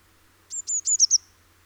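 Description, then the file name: Eurasian blue tit phrase of five high, thin notes speeding up towards the end, one short burst with faint low background hum. "Cyanistes caeruleus"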